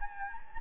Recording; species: mosquito wingbeat signal from an infrared sensor; Anopheles gambiae